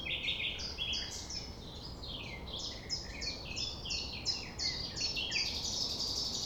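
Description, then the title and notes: Common nightingale song: fast runs of repeated high chirping notes, several phrases following one another without pause, over a steady low background hiss. 6 a.m. at sunrise near the Thève at Champ de Ménage; the nightingale sings without waiting for silence. "6 A.M. Lever du soleil non loin de la Thève au Champ de Ménage. Le rossignol n'attend pas le silence."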